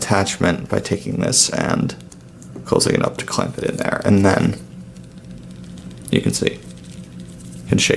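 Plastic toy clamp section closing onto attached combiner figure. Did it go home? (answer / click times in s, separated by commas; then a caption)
yes / 6.1 s. Someone talks while closing a hinged plastic section of a transforming toy figure to clamp the attached combiner piece in place. A sharp click is heard at 6.1 s as the section shuts, and the piece is seated and clamped.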